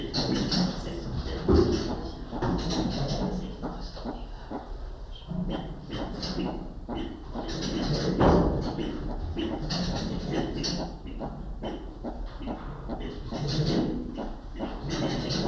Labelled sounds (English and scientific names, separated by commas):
Northern Greater Galago (Otolemur garnettii) call